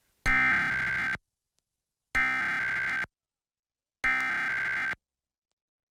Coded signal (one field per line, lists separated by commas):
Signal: Emergency Alert System (SAME) tones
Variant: header bursts